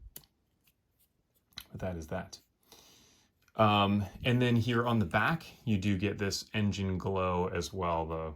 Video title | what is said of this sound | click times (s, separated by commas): Star Wars Micro Galaxy Squadron Darth Vader's Jedi Interceptor Unboxing and Review | So it does have a nice click to it when it actually gets in its full extended position. | 0.2 s, 1.6 s